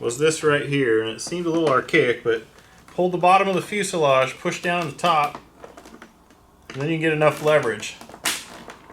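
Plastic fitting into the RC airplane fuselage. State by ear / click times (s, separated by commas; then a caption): seated / 8.3 s. Someone talks while pulling the bottom of the foam fuselage of an FMS × FairRC Blue Jay beginner RTF RC airplane and pushing down the top for leverage, forcing a stiff plastic part into its socket. A small sharp snap is heard at 8.3 s as the part seats into the fuselage.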